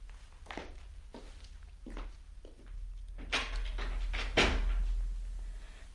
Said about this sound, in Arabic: بس استني بقى اما اقفل الباب ورايا.